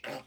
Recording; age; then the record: pig call; piglet (1 to 25 days)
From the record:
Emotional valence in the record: negative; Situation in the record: restrain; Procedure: back test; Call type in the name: low-frequency call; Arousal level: medium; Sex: male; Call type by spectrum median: low-frequency call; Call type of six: low-frequency stable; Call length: 0.27 s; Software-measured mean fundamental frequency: 61 Hz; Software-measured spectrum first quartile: 549 Hz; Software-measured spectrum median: 1141 Hz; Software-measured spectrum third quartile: 2502 Hz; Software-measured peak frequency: 581 Hz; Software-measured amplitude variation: 161 dB a second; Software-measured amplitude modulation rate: 16.9 a second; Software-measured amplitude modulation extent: 9.5 dB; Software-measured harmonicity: 0.2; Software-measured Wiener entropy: -1.07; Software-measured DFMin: 733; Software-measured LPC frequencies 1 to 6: 621, 1525, 2052, 2789, 4541, 5216 Hz